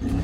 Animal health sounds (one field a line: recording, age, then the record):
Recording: pig call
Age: growing-finishing pig (85 days or more)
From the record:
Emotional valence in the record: negative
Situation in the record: barren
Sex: female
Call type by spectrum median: low-frequency call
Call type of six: low-frequency stable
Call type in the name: low-frequency stable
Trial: 3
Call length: 0.24 s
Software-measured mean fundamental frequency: 35 Hz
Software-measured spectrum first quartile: 83 Hz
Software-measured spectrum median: 184 Hz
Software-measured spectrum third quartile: 322 Hz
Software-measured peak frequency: 73 Hz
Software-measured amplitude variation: 149 dB a second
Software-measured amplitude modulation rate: 21.1 a second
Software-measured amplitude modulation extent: 7.1 dB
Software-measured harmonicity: 0.8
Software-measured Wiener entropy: -0.86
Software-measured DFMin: 810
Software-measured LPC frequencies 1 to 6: 265, 1794, 2648, 3375, 4545, 5334 Hz